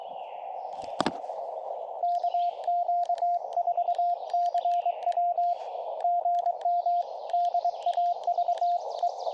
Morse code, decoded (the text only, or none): KQ4CW GM DAVE